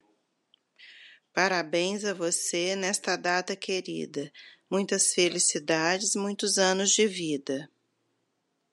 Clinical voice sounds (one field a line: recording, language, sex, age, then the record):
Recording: short text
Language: Brazilian Portuguese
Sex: female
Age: 50 to 59 years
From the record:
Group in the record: control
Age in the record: 53 years